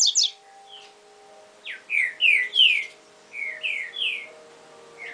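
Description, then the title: Double-collared seedeater song: a quick double chip, then phrases of loud slurred whistles dropping in pitch, several in quick succession, with a faint steady tone underneath. "Canto Coleiro"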